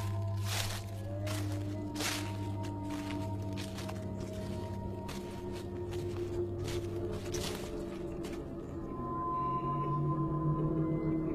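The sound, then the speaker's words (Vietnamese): A series of soft, rustling footsteps shuffles along in an uneven rhythm over a low, steady droning hum, then fades out toward the end, leaving only the hum. “thậm chí có đôi lúc tiếng bước chân loạt xoạt.”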